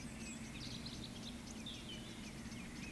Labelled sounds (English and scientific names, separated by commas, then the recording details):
Eurasian Woodcock (Scolopax rusticola) whistle
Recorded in Baden-Württemberg, Germany, on 14 May 2021 at 19:15 UTC
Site 25175, 602 m above sea level